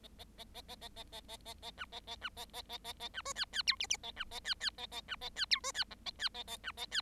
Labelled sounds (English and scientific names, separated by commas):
Bengalese Finch (Lonchura striata domestica) song